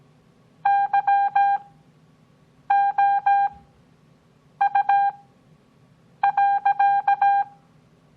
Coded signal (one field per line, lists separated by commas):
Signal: Morse code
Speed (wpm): 17 wpm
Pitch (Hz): 800 Hz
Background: none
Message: YOU.